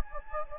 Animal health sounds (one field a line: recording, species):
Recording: mosquito wingbeat signal from an infrared sensor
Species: Anopheles gambiae